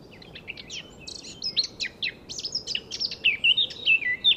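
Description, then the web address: Eurasian blackcap song beginning as a soft, hurried scratchy chatter and swelling into clearer, louder whistled notes near the end, with gentle background hiss. "SETE data Sylvia atricapilla"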